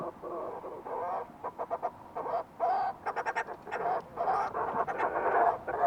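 Fulmar prion calls: a rapid, irregular series of coarse buzzy notes and stuttered pulses.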